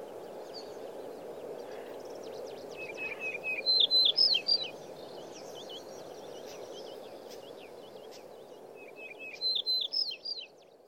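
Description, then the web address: Yellow-breasted Bunting song: two short bright phrases of quick, slurred chirps, the second near the end, over a steady low rushing background noise. Yellow-breasted Bunting voice, Monbetsu, Hokkaido, Japan, 26 June 2010. "shiryo koe shimaaoji 100626 monbetsu hanada"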